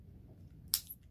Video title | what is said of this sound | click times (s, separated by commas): Masters of the Universe Origins Buzz Saw Hordak Needless Unboxing | that clicked into place as they said | 0.7 s